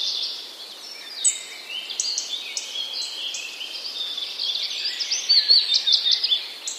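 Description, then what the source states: Willow warbler song: soft descending whistled phrases among several other songbirds singing at once, louder toward the end, with steady outdoor background hiss. 12 April 2009.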